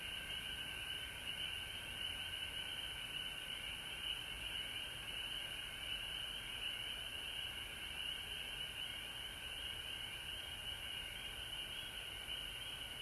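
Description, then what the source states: Frogs calling in a dense chorus, a steady high trilling band with a second, higher shimmering layer, continuous throughout with no pauses. Frogs recorded at home in Georgia on March 19, 2020.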